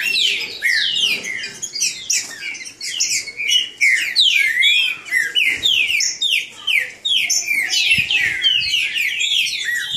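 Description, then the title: Green-winged Saltator singing fast runs of clear, downslurred whistles, phrases tumbling over one another with scarcely a pause, bright and ringing throughout. Bird named Nicão singing in the woods, in a song contest with a free wild bird. "Trinca Ferro NICÃ O No Mato Disputando Com Solto"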